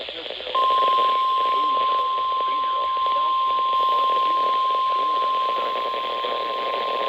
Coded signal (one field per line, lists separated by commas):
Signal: Emergency Alert System (SAME) tones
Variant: 1050 Hz attention tone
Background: speech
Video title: Very Late EAS Comp || EAS Alerts From May 30th - 31th, 2025. EAS #367 - #428